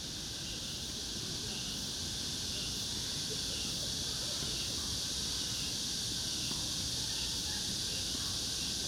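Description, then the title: Cicadas droning together in a continuous high-pitched hiss, with low rumbling background noise. Recorded in summer at Yangjae Citizens Forest, Yangjae 2-dong, Seocho-gu, Seoul, South Korea. "대한민국 서울특별시 서초구 양재2동 235-1-Yangjae Citizens Forest, Summer, Cicada"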